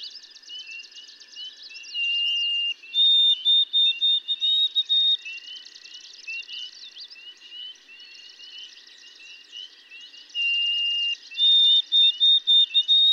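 White-throated sparrow song of sustained whistled notes, one held tone then a higher stuttered phrase, repeated twice amid a dense chorus of twittering birds.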